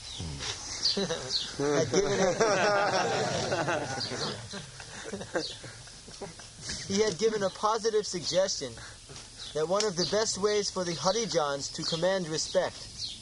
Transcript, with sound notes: Hmm. [laughter]
"He had given a positive suggestion that one of the best ways for the harijanas to command respect